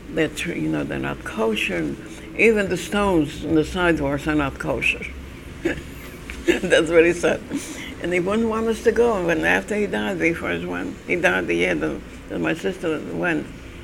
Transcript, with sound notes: They're, you know, they're not kosher. Even the stones in the sidewalks are not kosher. (She laughs) That's what he said. And he wouldn't want us to go. And after he died we first went. He died the year that my sister went.